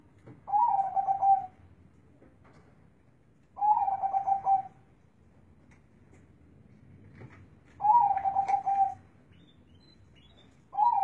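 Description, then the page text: Zebra dove song: a soft, pulsed cooing phrase lasting about a second, repeated roughly every three to four seconds, with a quiet low hum beneath. Local Indonesian zebra dove (perkutut lokal) kept for bird-song contests, where its voice is the main judging criterion; used as training material (masteran) for contest birds. "Suara Perkutut Lokal Asli"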